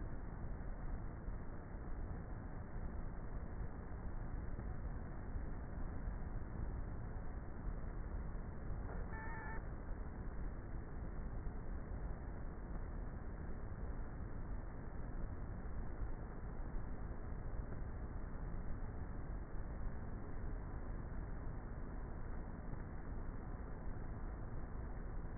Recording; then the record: honeybee colony, microphone inside the hive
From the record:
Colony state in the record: queenless with a low population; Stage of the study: before two queens were removed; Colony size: about 30,000 bees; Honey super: no